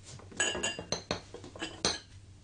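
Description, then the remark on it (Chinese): Light clinks of a spoon against a ceramic cup while someone makes a cup of coffee, about seven bright metallic taps and scrapes in an irregular stirring rhythm, fairly quiet with no voices. “咁我冲杯咖啡俾你啊。”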